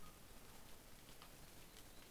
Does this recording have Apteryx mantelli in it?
no